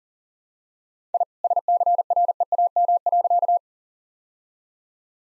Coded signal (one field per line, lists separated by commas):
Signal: Morse code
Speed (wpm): 40 wpm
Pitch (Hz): 700 Hz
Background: none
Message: I SCREAM.